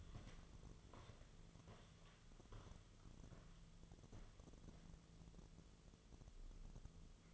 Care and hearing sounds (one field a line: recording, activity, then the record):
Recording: daily activity, microphone in the room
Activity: walk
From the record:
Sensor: 4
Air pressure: 1006.2 hPa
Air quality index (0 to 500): 88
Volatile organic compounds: 2 ppm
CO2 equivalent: 1084 ppm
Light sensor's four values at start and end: 12/27/11/10 and 12/28/11/10